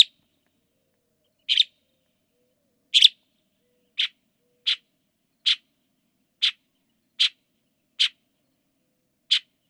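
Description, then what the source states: Northern mockingbird song: sharp, single clicking notes spaced under a second to about one and a half seconds apart, about ten in all, with quiet gaps between them. Song from California that includes mimicry of a nightjar.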